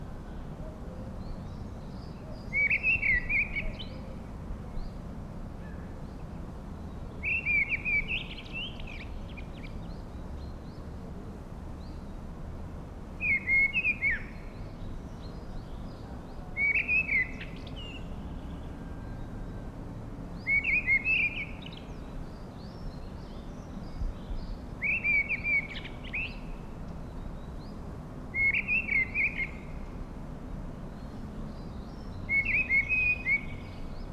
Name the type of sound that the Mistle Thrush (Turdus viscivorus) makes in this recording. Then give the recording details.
song. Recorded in the wild. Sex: male. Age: adult. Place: Mirnock, Kärnten, AT. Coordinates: 46.75, 13.7. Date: 1967-05-01. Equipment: Hornyphon Bandgerät, Phillips Mikrofon Type EL 6020. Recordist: Brunner, Thomas. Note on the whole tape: Oberhalb der Netzelwand aufgenommen